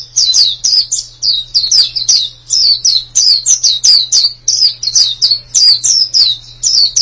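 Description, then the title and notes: White-eye song: lively high twittering of rapid down-slurred notes in short bursts, running continuously over a faint low hum. "Suara kicauan burung pleci"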